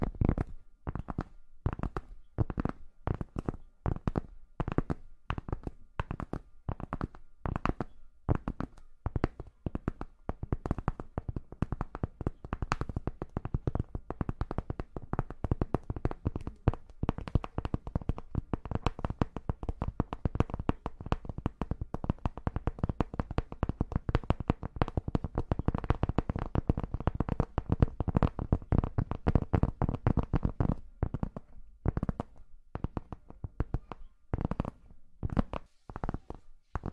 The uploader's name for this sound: Charming Tapping